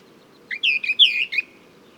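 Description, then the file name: Orphean warbler: a short phrase of five quick warbled notes over a quiet background. "sylvia hortensis song"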